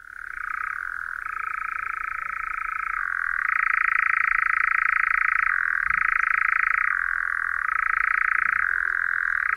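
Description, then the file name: European nightjar churring, a long unbroken mechanical trill that steps up and down in pitch between two levels several times. "Lelek"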